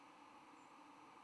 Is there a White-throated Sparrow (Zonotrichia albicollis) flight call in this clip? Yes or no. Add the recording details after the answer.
yes. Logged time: 07:01 on 10 November 2014